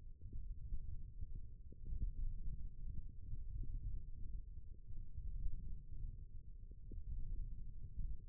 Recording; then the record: forearm muscle sounds (acoustic myography)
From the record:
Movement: index flexion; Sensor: system 1, eight BSWA MPA416 microphones around the upper forearm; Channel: 1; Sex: male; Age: 18 years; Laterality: right